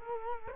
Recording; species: mosquito wingbeat signal from an infrared sensor; Culex quinquefasciatus